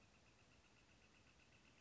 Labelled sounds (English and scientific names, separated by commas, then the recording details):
Northern Flicker (Colaptes auratus)
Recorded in Sonoma County, California